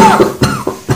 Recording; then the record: coughing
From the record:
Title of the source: Mid-morning Winter Coughing Fit